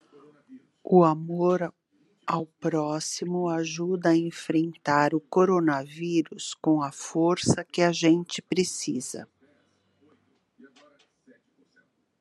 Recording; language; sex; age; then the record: spoken sentence; Brazilian Portuguese; female; 60 to 69 years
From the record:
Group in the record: control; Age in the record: 60 years